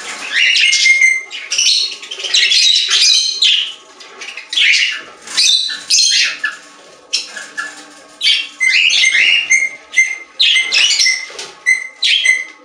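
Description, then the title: Budgerigar warbling with harsh squawks, clicks and short whistles in rapid irregular bursts, a faint steady hum underneath. "Budgie Sounds"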